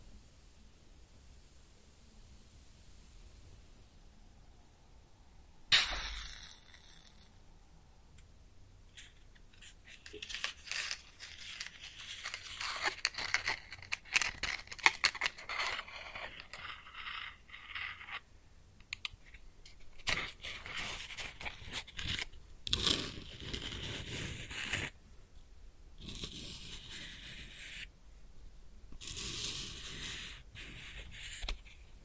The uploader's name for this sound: Close Up Matching LightingExtinguishing Fire Crackles & Sizzles